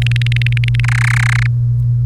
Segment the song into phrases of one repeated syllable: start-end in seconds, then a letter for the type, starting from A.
0.02-0.80 A, 0.83-1.47 B